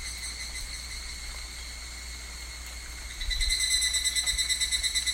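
Higurashi cicada song, a steady high ringing buzz that turns into a louder pulsing trill near the end, over a low background rumble.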